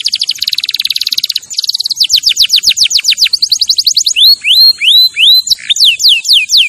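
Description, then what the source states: Canary singing a dense, rapid trill that slows into clear downward sweeps, then rising whistled notes toward the end. Champion canary song used as a master recording for training other birds.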